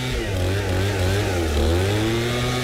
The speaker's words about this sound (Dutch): Ja, het geluid van de bladblazer. In Ellecom in Gelderland werden ze daar zo gek van dat ze mensen proberen aan te sporen om weer gewoon de hark erbij te bakken.